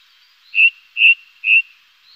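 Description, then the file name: Ring ouzel song: three clear piping whistled notes of even pitch, evenly spaced about half a second apart. "beflijster ring ouzel"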